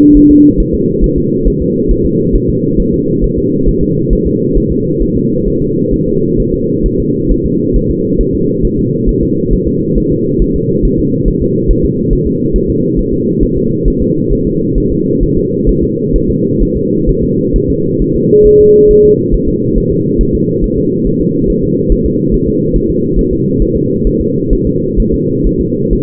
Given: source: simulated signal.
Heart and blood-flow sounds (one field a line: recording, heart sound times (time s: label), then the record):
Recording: fetal heart sounds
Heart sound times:
0.17 s: S1
0.31 s: S2
0.60 s: S1
0.75 s: S2
1.04 s: S1
1.18 s: S2
1.48 s: S1
1.62 s: S2
1.91 s: S1
2.06 s: S2
2.35 s: S1
2.50 s: S2
2.80 s: S1
2.94 s: S2
3.24 s: S1
3.38 s: S2
3.69 s: S1
3.83 s: S2
4.13 s: S1
4.27 s: S2
4.58 s: S1
4.72 s: S2
5.02 s: S1
5.17 s: S2
5.48 s: S1
5.62 s: S2
5.94 s: S1
6.08 s: S2
6.40 s: S1
6.54 s: S2
6.86 s: S1
7.00 s: S2
7.32 s: S1
7.46 s: S2
7.76 s: S1
7.91 s: S2
8.21 s: S1
8.35 s: S2
8.65 s: S1
8.79 s: S2
9.09 s: S1
9.23 s: S2
9.53 s: S1
9.68 s: S2
9.98 s: S1
10.12 s: S2
10.42 s: S1
10.56 s: S2
10.85 s: S1
11.00 s: S2
11.28 s: S1
11.42 s: S2
11.71 s: S1
11.85 s: S2
12.13 s: S1
12.27 s: S2
12.56 s: S1
12.70 s: S2
12.99 s: S1
13.14 s: S2
13.43 s: S1
13.58 s: S2
13.88 s: S1
14.02 s: S2
14.33 s: S1
14.47 s: S2
14.78 s: S1
14.92 s: S2
15.23 s: S1
15.38 s: S2
15.69 s: S1
15.83 s: S2
16.16 s: S1
16.30 s: S2
16.62 s: S1
16.77 s: S2
17.09 s: S1
17.24 s: S2
17.56 s: S1
17.70 s: S2
18.02 s: S1
18.16 s: S2
18.47 s: S1
18.61 s: S2
18.91 s: S1
19.05 s: S2
19.34 s: S1
19.49 s: S2
19.78 s: S1
19.92 s: S2
20.21 s: S1
20.35 s: S2
20.64 s: S1
20.78 s: S2
21.07 s: S1
21.21 s: S2
21.50 s: S1
21.64 s: S2
21.92 s: S1
22.06 s: S2
22.34 s: S1
22.48 s: S2
22.76 s: S1
22.90 s: S2
23.19 s: S1
23.33 s: S2
23.62 s: S1
23.76 s: S2
24.07 s: S1
24.21 s: S2
24.53 s: S1
24.67 s: S2
25.00 s: S1
25.14 s: S2
25.47 s: S1
25.61 s: S2
25.93 s: S1
From the record:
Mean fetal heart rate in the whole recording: 135 bpm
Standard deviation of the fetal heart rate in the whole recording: 3 bpm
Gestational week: 36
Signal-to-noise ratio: -11.2 dB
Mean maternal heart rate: 72 bpm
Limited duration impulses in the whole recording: present